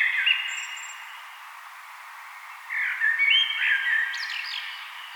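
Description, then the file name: Common blackbird song: the tail of one phrase, then silence, then a full rich warbled phrase rising into brief high squeaky notes. "Turdus merula"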